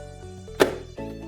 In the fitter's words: till you hear it click. And it's now ready to use.